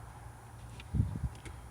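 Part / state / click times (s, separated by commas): fuel filter assembly part into its housing / not seated / none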